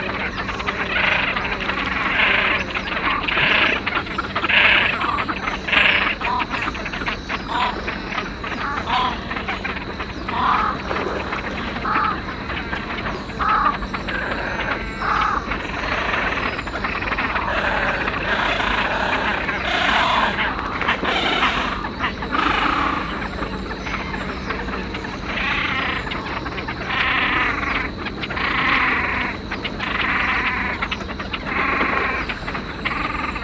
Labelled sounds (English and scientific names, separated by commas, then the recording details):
Great Crested Grebe (Podiceps cristatus) call
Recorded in the wild
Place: Schwerin, Mecklenburg-Vorpommern, DE
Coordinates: 53.636, 11.401
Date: 1975-05-09 03:45
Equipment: Nagra III BH, Sennheiser MD 21, parabola
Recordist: Schubert, Michael